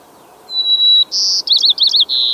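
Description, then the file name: White-crowned sparrow gives one song: a long thin whistled note, a louder buzzy note, quick slurred trill-like notes, then a held ending note. "White crowned Sparrow Zonotrichia leucophrys"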